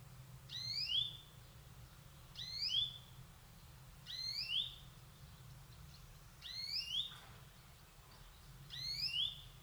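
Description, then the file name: European greenfinch giving a two-part rising, slurred whistled call, repeated roughly every two seconds. "Chloris chloris"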